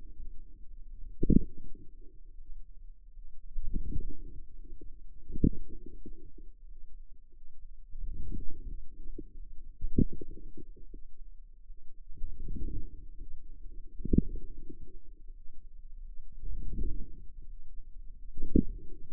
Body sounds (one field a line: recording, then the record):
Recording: forearm muscle sounds (acoustic myography)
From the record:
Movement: outward rotation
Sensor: system 2, bracelet of six BSWA MPA416 microphones around the upper forearm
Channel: 3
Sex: female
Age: 23 years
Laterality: right